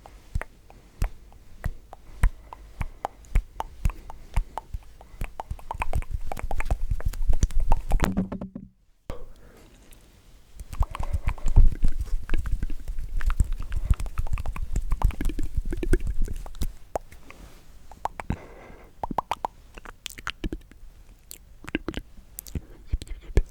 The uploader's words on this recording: ASMR The MOST Tingly MOUTH Sounds.